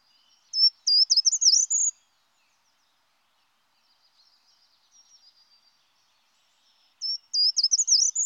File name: Grimpereau des jardins